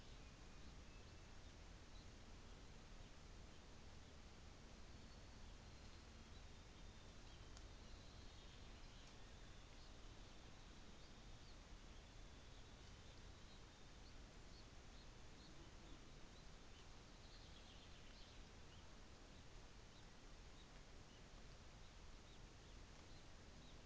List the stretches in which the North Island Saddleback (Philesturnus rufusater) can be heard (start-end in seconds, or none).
none